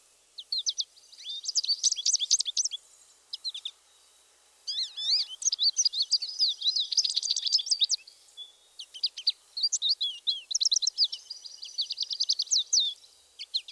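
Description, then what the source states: American Goldfinch song, a long exuberant jumble of high chips, twitters and trills with a few whiny slurred notes and brief pauses. Song containing whiny notes and the pachikari call within an exuberant outburst of chips, twitters and trills.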